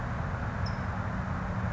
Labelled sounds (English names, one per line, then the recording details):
California Towhee
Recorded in Sonoma County, California